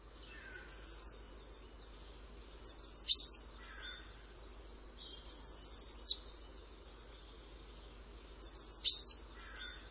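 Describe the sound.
Bird calling in short, high, falling bursts of several rapid notes, four bursts spaced roughly two to three seconds apart, with quiet lower twitters in between.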